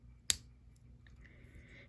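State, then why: Seated. A hinged plastic panel on the back of a transforming action figure toy is flipped up to open a weapon storage port. It snaps into place with a sharp, loud click at 0.3 s, followed by faint softer ticks. The panel is seated.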